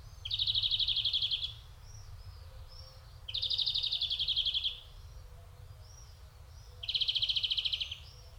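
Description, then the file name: European greenfinch giving three buzzy, rapid trills, each about a second long, separated by soft higher notes, over low steady noise. "Chloris chloris"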